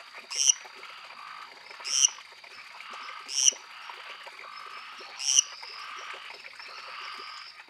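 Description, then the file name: Lesser treefrog calling with short, bright, creaky notes repeated roughly every one to two seconds, four calls in all, above a continuous high-pitched background chorus. "Dendropsophus minutus"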